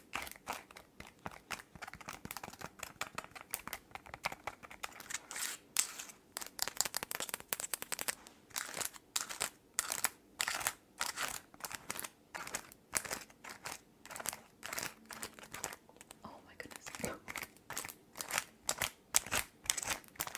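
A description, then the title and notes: Long fingernails tap and scratch, quick bright clicks in bursts with crinkly scraping between, growing denser after eight seconds. ASMR Tapping and Scratching with LONG NAILS.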